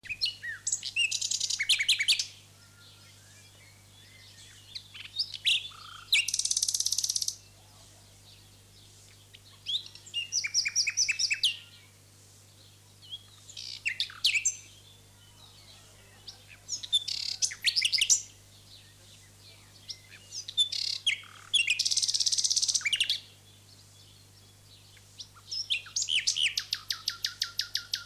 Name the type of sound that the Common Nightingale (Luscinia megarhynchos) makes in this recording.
song